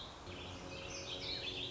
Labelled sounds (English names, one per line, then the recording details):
Warbling Vireo
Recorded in Sonoma County, California